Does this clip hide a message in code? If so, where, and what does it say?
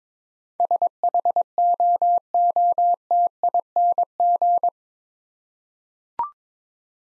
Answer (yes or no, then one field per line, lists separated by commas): yes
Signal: Morse code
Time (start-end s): 0.6-4.7 s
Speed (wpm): 22 wpm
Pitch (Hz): 700 Hz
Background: none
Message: SHOOTING